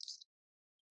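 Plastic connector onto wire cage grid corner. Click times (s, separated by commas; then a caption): 0.0 s. A plastic cube connector is pushed onto the corner of two wire cage grids and clicks into place at 0.0 s, seating and holding them securely. A short burst of bright, high-pitched clicking follows through about 0.2 s. After near silence, another sharp high sound comes in at 1.0 s.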